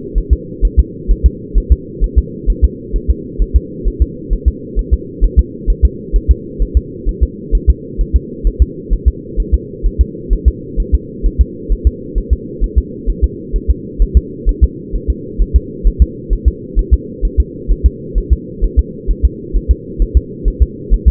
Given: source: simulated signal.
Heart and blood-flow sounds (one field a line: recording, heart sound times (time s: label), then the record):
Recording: fetal heart sounds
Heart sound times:
0.18 s: S1
0.33 s: S2
0.65 s: S1
0.79 s: S2
1.11 s: S1
1.26 s: S2
1.58 s: S1
1.72 s: S2
2.04 s: S1
2.18 s: S2
2.50 s: S1
2.64 s: S2
2.96 s: S1
3.10 s: S2
3.42 s: S1
3.56 s: S2
3.88 s: S1
4.02 s: S2
4.33 s: S1
4.48 s: S2
4.79 s: S1
4.94 s: S2
5.24 s: S1
5.39 s: S2
5.70 s: S1
5.85 s: S2
6.16 s: S1
6.31 s: S2
6.62 s: S1
6.77 s: S2
7.09 s: S1
7.23 s: S2
7.55 s: S1
7.70 s: S2
8.01 s: S1
8.16 s: S2
8.47 s: S1
8.62 s: S2
8.93 s: S1
9.08 s: S2
9.40 s: S1
9.54 s: S2
9.86 s: S1
10.01 s: S2
10.33 s: S1
10.48 s: S2
10.80 s: S1
10.95 s: S2
11.26 s: S1
11.41 s: S2
11.72 s: S1
11.87 s: S2
12.18 s: S1
12.33 s: S2
12.64 s: S1
12.78 s: S2
13.09 s: S1
13.24 s: S2
13.56 s: S1
13.70 s: S2
14.02 s: S1
14.17 s: S2
14.49 s: S1
14.64 s: S2
14.95 s: S1
15.10 s: S2
15.41 s: S1
15.56 s: S2
15.87 s: S1
16.02 s: S2
16.33 s: S1
16.48 s: S2
16.79 s: S1
16.94 s: S2
17.25 s: S1
17.40 s: S2
17.72 s: S1
17.86 s: S2
18.18 s: S1
18.33 s: S2
18.64 s: S1
18.79 s: S2
19.10 s: S1
19.25 s: S2
19.56 s: S1
19.71 s: S2
20.02 s: S1
20.17 s: S2
20.48 s: S1
20.62 s: S2
20.94 s: S1
21.08 s: S2
From the record:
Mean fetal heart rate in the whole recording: 130 bpm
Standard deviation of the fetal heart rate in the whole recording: 2 bpm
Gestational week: 36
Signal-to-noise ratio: -4.1 dB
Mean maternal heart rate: no maternal heart sound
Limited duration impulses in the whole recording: absent